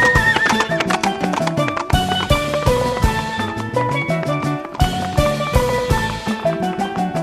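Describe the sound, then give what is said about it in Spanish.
A horse whinnies with a wavering, high-pitched cry over a steady, rapid clatter of hooves that runs loudly and without pause through the whole stretch, with no one speaking. “Y el hombre primitivo se fue corriendo tras él, atravesando montes y valles en busca del caballo.”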